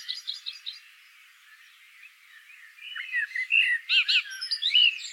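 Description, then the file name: Common blackbird song: a brief soft twitter opens, a pause follows, then loud fluty warbles with rapid squeaky high notes at the end. "Turdus merula"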